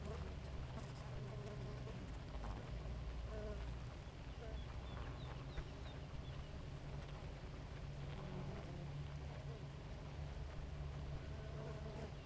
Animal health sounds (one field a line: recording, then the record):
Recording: honeybee colony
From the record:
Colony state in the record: active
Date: 28 July 2017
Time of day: 4:37